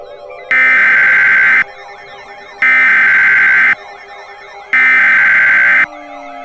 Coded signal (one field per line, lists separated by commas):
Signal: Emergency Alert System (SAME) tones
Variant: header bursts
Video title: EAS - The Florida Disaster (EAS Short)